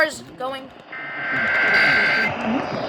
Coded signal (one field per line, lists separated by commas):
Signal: Emergency Alert System (SAME) tones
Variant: header bursts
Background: speech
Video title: NYC RMT from 7/9/25 EAS's #721-723